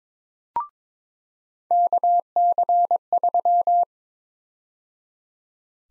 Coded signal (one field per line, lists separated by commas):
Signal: Morse code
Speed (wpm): 22 wpm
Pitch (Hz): 700 Hz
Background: none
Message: KC3